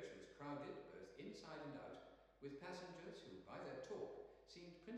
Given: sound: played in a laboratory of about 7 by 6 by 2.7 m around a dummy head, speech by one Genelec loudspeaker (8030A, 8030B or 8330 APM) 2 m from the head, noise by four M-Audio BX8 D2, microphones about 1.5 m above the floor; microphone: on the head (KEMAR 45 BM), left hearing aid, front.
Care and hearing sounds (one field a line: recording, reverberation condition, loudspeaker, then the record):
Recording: male speech in English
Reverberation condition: high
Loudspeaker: in front (0 degrees)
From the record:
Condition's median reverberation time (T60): about 1300 ms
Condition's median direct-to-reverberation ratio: about -4.0 dB